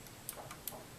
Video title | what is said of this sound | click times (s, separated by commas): Internet In The Countryside | you hear the click and it is done | 0.3 s, 0.7 s